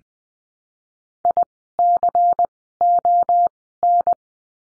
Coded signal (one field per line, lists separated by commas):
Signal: Morse code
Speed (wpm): 20 wpm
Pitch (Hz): 700 Hz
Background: none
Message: ICON